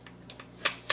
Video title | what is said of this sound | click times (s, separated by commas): MUST KNOW BLACK FRIDAY DEALS AT THE HOME DEPOT!!! PLUS... | like how that clicks. | 0.7 s, 0.9 s